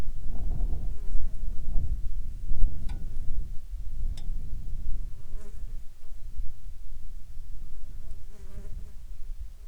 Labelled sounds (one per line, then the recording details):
wind
insects
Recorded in the Arctic National Wildlife Refuge, Alaska, on 21 June 2019 at 14:52
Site 33